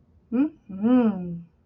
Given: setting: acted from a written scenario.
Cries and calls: vocal sound without words; desire

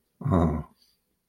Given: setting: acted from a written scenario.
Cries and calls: vocal sound without words; adoration

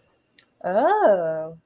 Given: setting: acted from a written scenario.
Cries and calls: vocal sound without words; interest

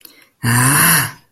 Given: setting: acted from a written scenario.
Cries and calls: vocal sound without words; disappointment

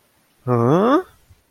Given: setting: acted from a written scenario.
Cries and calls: vocal sound without words; confusion

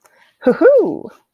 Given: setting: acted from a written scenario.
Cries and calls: vocal sound without words; pride

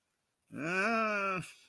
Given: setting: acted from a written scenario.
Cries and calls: vocal sound without words; confusion

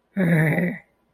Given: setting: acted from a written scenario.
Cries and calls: vocal sound without words; anger

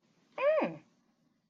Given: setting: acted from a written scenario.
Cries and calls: vocal sound without words; interest

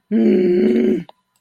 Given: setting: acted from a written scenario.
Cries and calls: vocal sound without words; anger

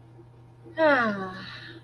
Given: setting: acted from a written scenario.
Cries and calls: vocal sound without words; serenity

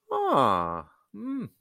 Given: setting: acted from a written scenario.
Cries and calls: vocal sound without words; interest

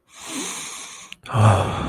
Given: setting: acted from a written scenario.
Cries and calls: vocal sound without words; desire

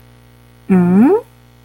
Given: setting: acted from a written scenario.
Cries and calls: vocal sound without words; confusion

